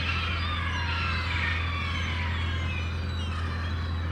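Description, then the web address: Gulls crying, drawn-out falling wails and shorter yelps from several birds together, over an unbroken low hum. Many gulls calling in a harbour. "The Sound Pack Tree - Sonic Seaside - Crazy Harbor Seagulls"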